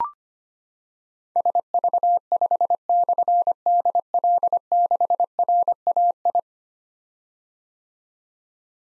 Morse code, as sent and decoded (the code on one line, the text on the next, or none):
... ...- ..... -..-. -.. .-.. -.... .-. .- ..
SV5/DL6RAI